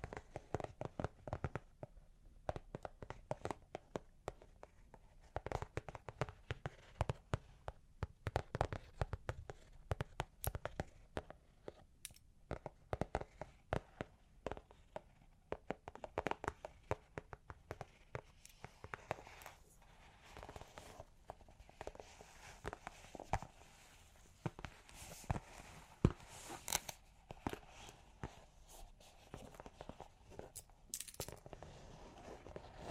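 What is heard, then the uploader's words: Long claws tap and scratch in a dense, irregular stream of sharp clicks that runs the whole length without pause. The taps are crisp and bright, coming in quick clusters, with a few louder strikes standing out around ten seconds and again near the end. Long Claws Tapping and Scratching (No Talking).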